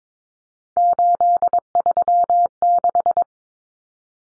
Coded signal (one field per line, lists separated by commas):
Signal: Morse code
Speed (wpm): 22 wpm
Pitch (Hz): 700 Hz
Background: none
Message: 836